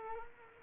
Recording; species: mosquito wingbeat signal from an infrared sensor; Culex quinquefasciatus